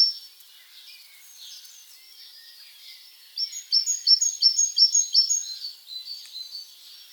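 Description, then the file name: Great tit song begins after a quiet stretch, then a steady series of about seven high, clipped two-note phrases. "Parus major"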